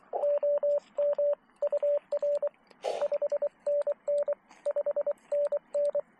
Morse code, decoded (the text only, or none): OM UR 5NN 5NN